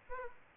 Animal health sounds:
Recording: mosquito wingbeat signal from an infrared sensor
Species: Aedes aegypti

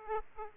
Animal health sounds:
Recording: mosquito wingbeat signal from an infrared sensor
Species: Aedes aegypti

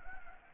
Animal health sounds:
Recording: mosquito wingbeat signal from an infrared sensor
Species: Anopheles gambiae

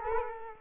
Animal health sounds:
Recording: mosquito wingbeat signal from an infrared sensor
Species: Culex quinquefasciatus

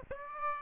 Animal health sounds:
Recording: mosquito wingbeat signal from an infrared sensor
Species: Aedes aegypti

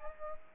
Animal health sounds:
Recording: mosquito wingbeat signal from an infrared sensor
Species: Aedes aegypti

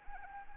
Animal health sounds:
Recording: mosquito wingbeat signal from an infrared sensor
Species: Anopheles arabiensis

